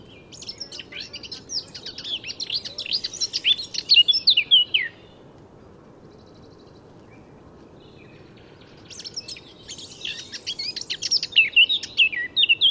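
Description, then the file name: Eurasian blackcap song in two phrases. Each is a dense, scratchy, high warble that builds to louder notes, with about four seconds of quiet between them. "Sylvia atricapilla"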